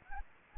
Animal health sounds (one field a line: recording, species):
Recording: mosquito wingbeat signal from an infrared sensor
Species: Anopheles gambiae